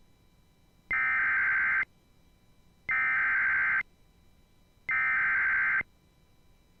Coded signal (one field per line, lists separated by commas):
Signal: Emergency Alert System (SAME) tones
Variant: header bursts